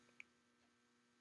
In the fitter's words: click then you can adjust the alarm time that you want and you